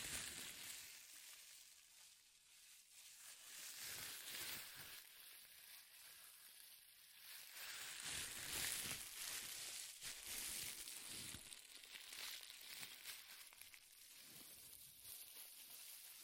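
Powerful crinkling fills the whole stretch, a dense, bright rustle with frequent sharp crackles and pops, swelling louder around the middle.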